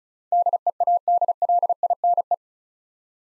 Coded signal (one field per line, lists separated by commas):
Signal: Morse code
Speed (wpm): 35 wpm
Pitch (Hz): 700 Hz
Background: none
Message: DEADLINE